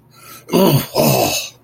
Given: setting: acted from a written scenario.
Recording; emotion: vocal sound without words; anger